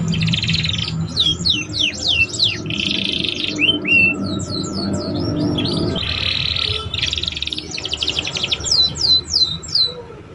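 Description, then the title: Belgian canary singing a rapid, varied song of chirps, sweeping whistled notes and dense rolling trills, phrases changing every second or two. Belgian canary song played to warm up young canaries and stimulate them to start singing and chirping quickly. "Canto Para Esquentar Canário Belga. SUARA KENARI PAUD CUIT CUIT BELAJAR BUNYI - pancingan kenari paud muda agar cepat bunyi dan ngeriwik"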